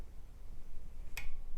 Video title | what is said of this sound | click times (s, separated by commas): Ford Ranger Explorer 4R44E 5R55E Transmission Bands Adjustment | hear that all right so that's in place | 1.2 s